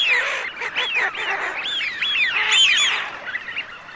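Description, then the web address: Eurasian wigeons calling together, a dense chorus of arched whistled notes that rise and drop, overlapping continuously. Filtered. "FILTERED FISCHIONE"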